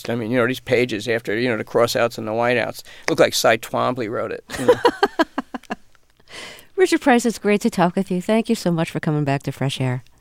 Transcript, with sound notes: I mean, you know, these pages after, you know, the cross-outs and the white-outs - it looked like Cy Twombly wrote it, you know.
(Soundbite of laughter) Richard Price, it's great to talk with you. Thank you so much for coming back to Fresh Air.